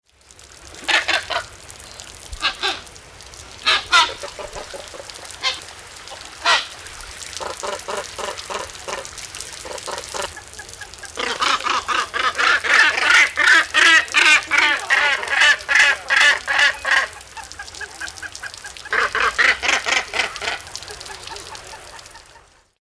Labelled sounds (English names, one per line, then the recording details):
Northern Gannet
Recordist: Tembrock, Günter
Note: Kontaklaute einer Gruppe